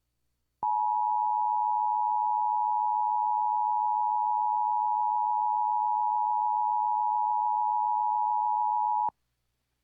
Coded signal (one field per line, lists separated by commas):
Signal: Emergency Alert System (SAME) tones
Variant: 853 and 960 Hz attention tone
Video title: KLMM-FM & KSBQ-AM IPAWS Required Weekly Test (EAS #1262-1263) 9/18/23